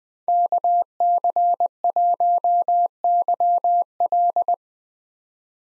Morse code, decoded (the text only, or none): KC1YL